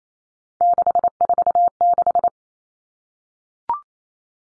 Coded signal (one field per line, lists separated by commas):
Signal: Morse code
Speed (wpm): 28 wpm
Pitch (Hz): 700 Hz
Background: none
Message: 646